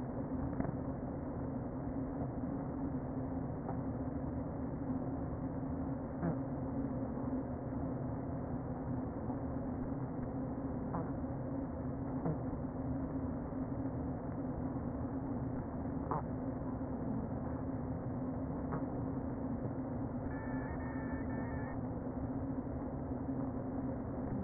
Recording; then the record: honeybee colony, microphone inside the hive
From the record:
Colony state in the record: queen present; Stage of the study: before two queens were removed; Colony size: about 60,000 bees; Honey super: yes